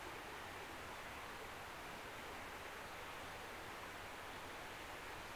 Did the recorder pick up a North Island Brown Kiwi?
no